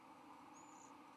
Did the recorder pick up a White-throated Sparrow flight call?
no